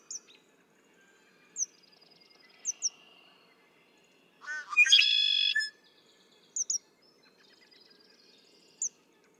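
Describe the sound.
Red-winged blackbird song, one burst of sharp stuttered notes sliding into a buzzy trill, with scattered thin high chirps and faint trills from other birds around it.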